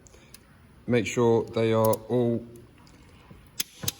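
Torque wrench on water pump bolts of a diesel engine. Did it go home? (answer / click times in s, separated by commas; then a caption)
yes / 3.6 s, 3.9 s. Someone talks while a click-type torque wrench tightens the water pump bolts on a Vauxhall/Alfa Romeo/Saab 1.9 or 2.0 diesel engine (DTi, JTDm, TTiD, TiD, Multijet 2) to 25 Nm during cambelt and water pump replacement. Two sharp clicks at 3.6 s and 3.9 s show the wrench reaching its setting.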